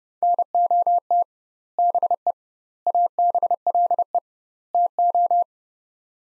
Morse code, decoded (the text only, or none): NOT BE ABLE TO